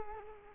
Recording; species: mosquito wingbeat signal from an infrared sensor; Culex quinquefasciatus